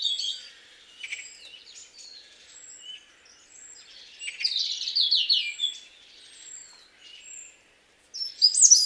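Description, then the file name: European robin song: thin, high whistles and scattered notes build into a louder, twittering phrase midway. After a brief pause, a sharp new phrase starts at the end. "Erithacus rubecula"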